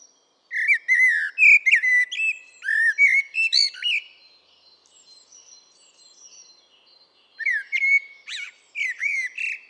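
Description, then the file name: Common blackbird song: mellow fluted warbling phrases with squeaky high twitters, a quiet pause of several seconds, then another fluty phrase near the end. "Turdus merula"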